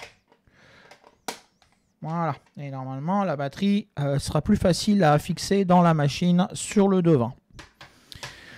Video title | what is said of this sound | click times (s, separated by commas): Projet Portable Amiga : MAJ Furia - Montage alimentation et batterie | Il y a des petits trucs là et ça se clipse. | 1.3 s